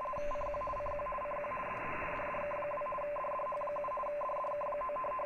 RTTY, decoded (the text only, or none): CQ CQ CQ DE DDK2 DDH7 DDK9